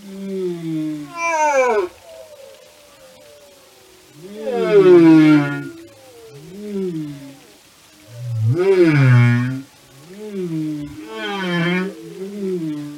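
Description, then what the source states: Whale song units: a run of arching moans and short upswept whoops in several phrases separated by brief pauses, each with layered overtones. Whale songs and communication.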